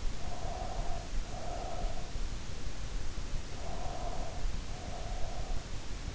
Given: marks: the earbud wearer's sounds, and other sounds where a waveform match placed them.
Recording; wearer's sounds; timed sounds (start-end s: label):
sounds in sleep by an in-ear microphone; breath
0.00-2.14 s: breath
3.42-5.76 s: breath